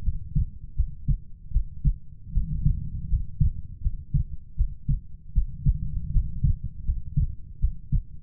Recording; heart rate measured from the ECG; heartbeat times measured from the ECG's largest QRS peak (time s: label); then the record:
heart sounds by stethoscope; 79 bpm
0.03 s: heartbeat
0.75 s: heartbeat
1.51 s: heartbeat
2.32 s: heartbeat
3.08 s: heartbeat
3.81 s: heartbeat
4.56 s: heartbeat
5.33 s: heartbeat
6.11 s: heartbeat
6.84 s: heartbeat
7.59 s: heartbeat
From the record:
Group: healthy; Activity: rest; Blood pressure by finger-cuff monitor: 89/56 mmHg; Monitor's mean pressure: 68 mmHg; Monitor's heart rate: 79 bpm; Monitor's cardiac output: 6.8 L/min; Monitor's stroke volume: 85 mL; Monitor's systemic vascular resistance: 720 dyn s/cm5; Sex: female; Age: 19 years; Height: 163 cm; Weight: 48.9 kg